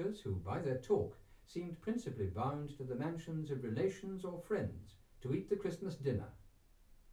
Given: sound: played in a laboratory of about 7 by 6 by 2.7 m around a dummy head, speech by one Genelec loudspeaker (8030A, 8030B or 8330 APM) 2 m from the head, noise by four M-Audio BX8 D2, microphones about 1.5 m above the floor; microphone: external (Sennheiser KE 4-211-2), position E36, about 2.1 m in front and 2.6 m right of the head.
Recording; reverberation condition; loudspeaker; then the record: male speech in English; low; 150 degrees to the right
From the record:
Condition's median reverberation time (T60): about 310 ms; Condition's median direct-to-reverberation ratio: about 3.5 dB